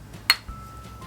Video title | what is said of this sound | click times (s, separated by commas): Al Haramain “Amber Oud Rouge”/Fragrance-Perfume Review/Cassandra Jones | you hear it click ok | 0.3 s